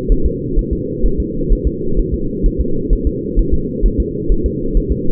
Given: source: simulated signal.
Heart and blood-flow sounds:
fetal heart sounds
0.12 s: S1
0.26 s: S2
0.59 s: S1
0.73 s: S2
1.06 s: S1
1.20 s: S2
1.53 s: S1
1.67 s: S2
1.99 s: S1
2.14 s: S2
2.46 s: S1
2.61 s: S2
2.93 s: S1
3.07 s: S2
3.39 s: S1
3.54 s: S2
3.86 s: S1
4.00 s: S2
4.32 s: S1
4.46 s: S2
4.77 s: S1
4.92 s: S2
From the record:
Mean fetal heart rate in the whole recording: 130 bpm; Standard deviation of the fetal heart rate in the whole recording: 4 bpm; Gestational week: 38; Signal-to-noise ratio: -8.1 dB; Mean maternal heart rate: 72 bpm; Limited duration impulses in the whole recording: absent

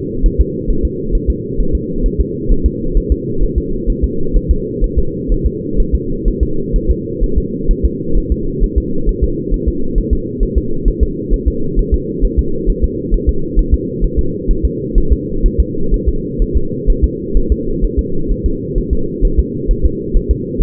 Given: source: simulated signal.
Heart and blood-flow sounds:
fetal heart sounds
0.26 s: S1
0.41 s: S2
0.70 s: S1
0.85 s: S2
1.15 s: S1
1.30 s: S2
1.60 s: S1
1.75 s: S2
2.06 s: S1
2.21 s: S2
2.52 s: S1
2.66 s: S2
2.97 s: S1
3.12 s: S2
3.43 s: S1
3.58 s: S2
3.90 s: S1
4.04 s: S2
4.36 s: S1
4.51 s: S2
4.84 s: S1
4.98 s: S2
5.32 s: S1
5.46 s: S2
5.80 s: S1
5.95 s: S2
6.28 s: S1
6.43 s: S2
6.76 s: S1
6.91 s: S2
7.24 s: S1
7.38 s: S2
7.71 s: S1
7.85 s: S2
8.17 s: S1
8.32 s: S2
8.64 s: S1
8.78 s: S2
9.09 s: S1
9.24 s: S2
9.54 s: S1
9.68 s: S2
9.98 s: S1
10.13 s: S2
10.43 s: S1
10.58 s: S2
10.88 s: S1
11.03 s: S2
11.33 s: S1
11.48 s: S2
11.79 s: S1
11.94 s: S2
12.25 s: S1
12.39 s: S2
12.70 s: S1
12.84 s: S2
13.14 s: S1
13.29 s: S2
13.59 s: S1
13.74 s: S2
14.04 s: S1
14.19 s: S2
14.51 s: S1
14.65 s: S2
14.98 s: S1
15.12 s: S2
15.46 s: S1
15.60 s: S2
15.94 s: S1
16.08 s: S2
16.42 s: S1
16.57 s: S2
16.90 s: S1
17.04 s: S2
17.37 s: S1
17.52 s: S2
17.84 s: S1
17.99 s: S2
18.31 s: S1
18.46 s: S2
18.78 s: S1
18.93 s: S2
19.25 s: S1
19.39 s: S2
19.71 s: S1
19.86 s: S2
20.17 s: S1
20.31 s: S2
20.62 s: S1
From the record:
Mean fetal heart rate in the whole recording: 130 bpm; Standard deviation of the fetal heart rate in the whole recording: 4 bpm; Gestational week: 38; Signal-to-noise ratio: -8.1 dB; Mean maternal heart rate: 72 bpm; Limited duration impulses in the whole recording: absent

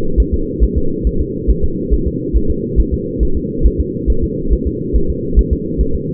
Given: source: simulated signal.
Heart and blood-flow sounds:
fetal heart sounds
0.20 s: S1
0.34 s: S2
0.64 s: S1
0.78 s: S2
1.07 s: S1
1.21 s: S2
1.50 s: S1
1.64 s: S2
1.94 s: S1
2.08 s: S2
2.36 s: S1
2.51 s: S2
2.80 s: S1
2.94 s: S2
3.23 s: S1
3.37 s: S2
3.66 s: S1
3.81 s: S2
4.10 s: S1
4.24 s: S2
4.53 s: S1
4.67 s: S2
4.96 s: S1
5.10 s: S2
5.39 s: S1
5.53 s: S2
5.81 s: S1
5.95 s: S2
From the record:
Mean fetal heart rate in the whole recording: 140 bpm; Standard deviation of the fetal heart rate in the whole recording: 2 bpm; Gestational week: 34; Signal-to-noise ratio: -8.1 dB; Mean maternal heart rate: 72 bpm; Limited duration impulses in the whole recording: present

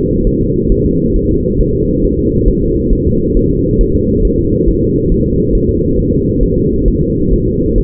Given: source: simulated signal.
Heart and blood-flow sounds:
fetal heart sounds
0.27 s: S1
0.41 s: S2
0.72 s: S1
0.86 s: S2
1.16 s: S1
1.31 s: S2
1.61 s: S1
1.75 s: S2
2.05 s: S1
2.19 s: S2
2.48 s: S1
2.63 s: S2
2.93 s: S1
3.07 s: S2
3.37 s: S1
3.51 s: S2
3.81 s: S1
3.95 s: S2
4.25 s: S1
4.39 s: S2
4.69 s: S1
4.83 s: S2
5.12 s: S1
5.26 s: S2
5.55 s: S1
5.69 s: S2
5.99 s: S1
6.13 s: S2
6.43 s: S1
6.58 s: S2
6.88 s: S1
7.03 s: S2
7.33 s: S1
7.48 s: S2
7.78 s: S1
From the record:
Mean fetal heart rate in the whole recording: 135 bpm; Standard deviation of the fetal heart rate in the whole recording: 3 bpm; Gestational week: 36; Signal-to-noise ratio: -10.2 dB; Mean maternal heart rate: 72 bpm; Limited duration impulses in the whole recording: present

